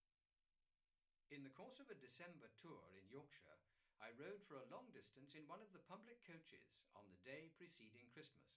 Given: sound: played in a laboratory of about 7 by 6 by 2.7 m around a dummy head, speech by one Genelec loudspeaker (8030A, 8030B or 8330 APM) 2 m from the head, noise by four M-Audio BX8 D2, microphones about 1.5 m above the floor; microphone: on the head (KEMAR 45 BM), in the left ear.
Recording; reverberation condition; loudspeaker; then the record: male speech in English; low; 120 degrees to the left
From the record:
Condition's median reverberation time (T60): about 310 ms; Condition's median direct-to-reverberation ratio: about 3.5 dB